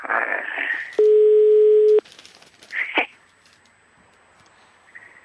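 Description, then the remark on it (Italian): A telephone rings once as heard down the line: a loud, steady mid-pitched tone lasting about a second, then silence. Muffled voices and noise come just before and shortly after. “Un telefono che squilla”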